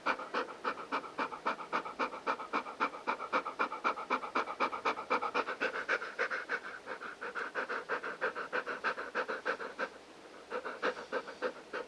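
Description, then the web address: Golden Retriever pants in quick rhythmic breaths, roughly four per second, briefly softening near the end before resuming. Domestic dog panting. "Sound Effects-Foundation 1 ANIMAL DOG GOLDEN RETRIEVER DOTTI PANT"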